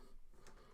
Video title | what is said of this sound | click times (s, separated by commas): How to setup a brand new Glowforge? Detailed Walkthrough | like that pretty sure it click there there we go and | 0.5 s